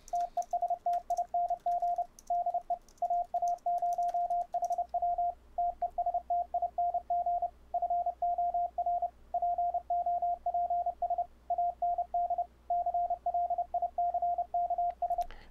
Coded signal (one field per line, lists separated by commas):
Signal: Morse code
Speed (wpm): 30 wpm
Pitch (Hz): 700 Hz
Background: radio noise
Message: TESTING DE AA0HW TESTING FOR POPS AND CLICKS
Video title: icw: UBUNTU 12.04 - pulseaudio advanced setup - Morse code over the internet